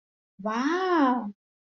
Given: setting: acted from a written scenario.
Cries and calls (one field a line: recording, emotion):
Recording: vocal sound without words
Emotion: interest